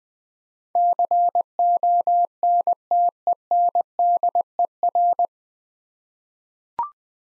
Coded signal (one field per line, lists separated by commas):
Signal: Morse code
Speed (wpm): 20 wpm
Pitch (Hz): 700 Hz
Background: none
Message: CONTENDER